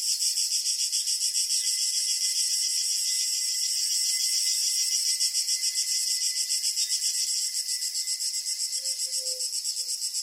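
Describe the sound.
Crickets keep up a shrill, evenly pulsed chirping chorus throughout, with a brief faint lower squeak near the end.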